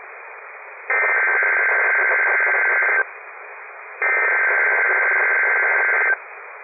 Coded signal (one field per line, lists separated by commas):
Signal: Emergency Alert System (SAME) tones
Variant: header bursts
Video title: (ACTIVE) Child Abduction Emergency on WXK61 (EAS #1670)